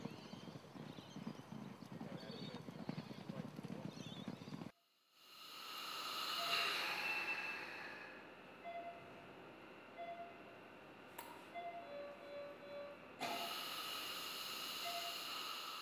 Horse Roaring. A three-year-old racehorse that was making a respiratory noise during racing, and he also had poor performance. with the paralysed cartilage on the left, it's actually being sucked across and further closes that horse's airway.